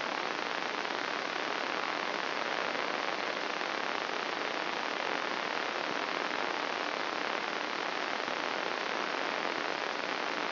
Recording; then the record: brain microelectrode recording played as sound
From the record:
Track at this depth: inside the subthalamic nucleus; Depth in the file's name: 3.366 mm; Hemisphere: left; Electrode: 3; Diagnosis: Parkinson's disease